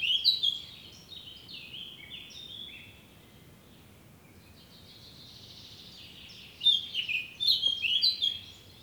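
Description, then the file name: Eurasian blackcap song: a whistled phrase, then a long quiet spell with soft warbling, followed by a loud burst of pure fluting notes. "Sylvia atricapilla"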